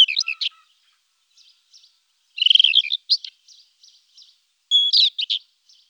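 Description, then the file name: Rufous-tailed scrub robin song, phrases of sweet warbled and scratchy notes, alternating with soft short notes and pauses. "rufous bush robin"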